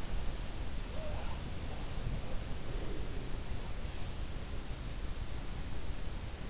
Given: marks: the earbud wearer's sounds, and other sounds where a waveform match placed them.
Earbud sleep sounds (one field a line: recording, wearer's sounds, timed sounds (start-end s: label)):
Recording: sounds in sleep by an in-ear microphone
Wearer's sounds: body movement, breath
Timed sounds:
0.60-4.25 s: body movement
2.20-3.63 s: breath